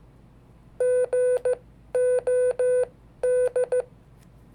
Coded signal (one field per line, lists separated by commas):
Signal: Morse code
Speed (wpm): 14 wpm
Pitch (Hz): 500 Hz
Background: none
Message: GOD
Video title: 5 Dates from History in Morse Code